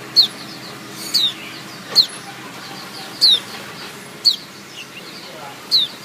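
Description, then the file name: White-eye giving single sharp, high, falling call notes roughly once a second, each with a click-like burst, over a steady low hiss. Female bird. "suara pleci betina omkicau"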